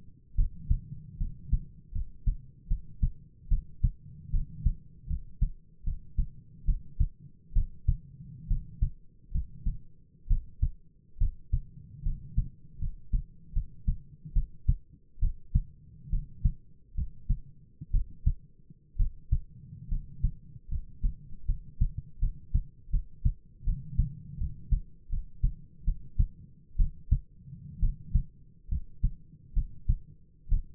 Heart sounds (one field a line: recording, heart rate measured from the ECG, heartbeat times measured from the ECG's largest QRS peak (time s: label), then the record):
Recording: heart sounds by stethoscope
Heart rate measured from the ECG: 72 bpm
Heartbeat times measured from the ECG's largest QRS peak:
0.35 s: heartbeat
1.17 s: heartbeat
1.91 s: heartbeat
2.67 s: heartbeat
3.48 s: heartbeat
4.30 s: heartbeat
5.07 s: heartbeat
5.83 s: heartbeat
6.65 s: heartbeat
7.53 s: heartbeat
8.47 s: heartbeat
9.31 s: heartbeat
10.27 s: heartbeat
11.17 s: heartbeat
12.02 s: heartbeat
12.78 s: heartbeat
13.52 s: heartbeat
14.32 s: heartbeat
15.19 s: heartbeat
16.09 s: heartbeat
16.94 s: heartbeat
17.90 s: heartbeat
18.96 s: heartbeat
19.88 s: heartbeat
20.68 s: heartbeat
21.45 s: heartbeat
22.18 s: heartbeat
22.89 s: heartbeat
23.63 s: heartbeat
24.37 s: heartbeat
25.09 s: heartbeat
25.84 s: heartbeat
26.76 s: heartbeat
27.79 s: heartbeat
28.68 s: heartbeat
29.53 s: heartbeat
30.48 s: heartbeat
From the record:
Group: healthy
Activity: rest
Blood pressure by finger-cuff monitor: 113/62 mmHg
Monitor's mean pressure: 74 mmHg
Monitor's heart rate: 72 bpm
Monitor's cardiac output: 8.1 L/min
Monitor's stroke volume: 112 mL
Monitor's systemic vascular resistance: 640 dyn s/cm5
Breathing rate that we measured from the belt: 16 breaths a minute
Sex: male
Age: 22 years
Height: 185 cm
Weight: 112.4 kg